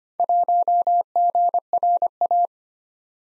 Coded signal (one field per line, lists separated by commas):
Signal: Morse code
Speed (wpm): 25 wpm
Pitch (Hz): 700 Hz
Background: none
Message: 1GRA